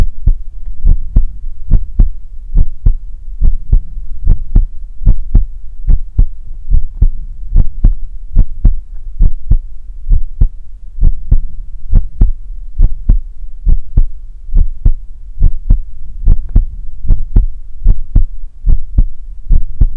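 A steady adult heartbeat at about 71 beats per minute, heard close up, offered as ASMR for listening while falling asleep.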